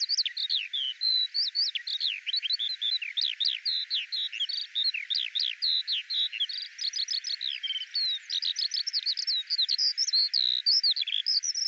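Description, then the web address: Eurasian skylark singing a long, breathless run of chirps, slurs and brief trills, the notes tumbling quickly one after another with only tiny gaps. "Deverinetal 2025 File cleaned normalized Bird Al Ar"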